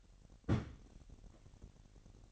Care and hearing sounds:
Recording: daily activity, microphone in the room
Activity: place on stove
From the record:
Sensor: 4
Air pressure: 1012.8 hPa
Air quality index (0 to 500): 239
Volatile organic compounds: 4 ppm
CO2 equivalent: 1591 ppm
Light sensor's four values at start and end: 27/65/26/25 and 27/64/26/25

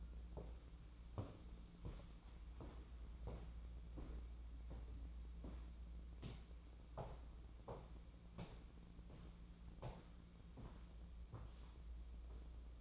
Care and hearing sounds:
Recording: daily activity, microphone in the room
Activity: walk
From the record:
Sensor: 1

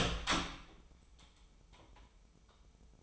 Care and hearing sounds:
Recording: daily activity, microphone in the room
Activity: open door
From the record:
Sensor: 1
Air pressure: 996.1 hPa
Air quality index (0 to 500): 56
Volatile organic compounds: 2 ppm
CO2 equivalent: 1310 ppm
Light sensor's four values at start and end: 14/32/14/15 and 14/32/14/15

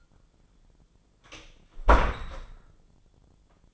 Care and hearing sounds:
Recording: daily activity, microphone in the room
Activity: close door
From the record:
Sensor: 5

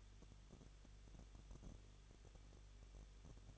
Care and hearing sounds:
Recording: daily activity, microphone in the room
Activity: no activity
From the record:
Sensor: 4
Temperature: 23.0 degrees Celsius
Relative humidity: 34.4%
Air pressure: 1007.3 hPa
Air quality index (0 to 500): 216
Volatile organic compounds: 15 ppm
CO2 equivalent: 2502 ppm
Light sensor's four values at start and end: 2/3/1/1 and 2/3/1/1

